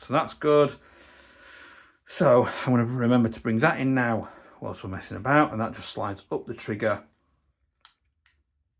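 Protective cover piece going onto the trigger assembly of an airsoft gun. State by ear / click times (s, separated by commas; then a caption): seated / 7.8 s, 8.3 s. Someone talks while sliding a plastic protective cover up over the trigger mechanism of a Well Pro WE06 PPK-20 airsoft SMG during disassembly. After the talk stops, two short, sharp clicks come at 7.9 and 8.3 seconds as the cover clicks into place, seated over the trigger assembly.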